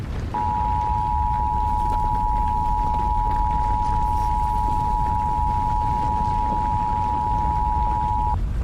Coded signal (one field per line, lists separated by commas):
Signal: Emergency Alert System (SAME) tones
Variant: 853 and 960 Hz attention tone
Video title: Wasatch - An EAS Scenario